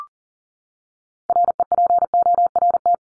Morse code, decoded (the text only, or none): REPORT